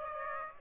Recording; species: mosquito wingbeat signal from an infrared sensor; Aedes aegypti